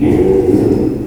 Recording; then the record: squeal of a Yucatan mini pig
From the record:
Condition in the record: before surgery on the right vocal fold (resection and tissue-engineered implant); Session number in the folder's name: 1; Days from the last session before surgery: -3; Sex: male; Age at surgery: 12 weeks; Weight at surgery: 13 kg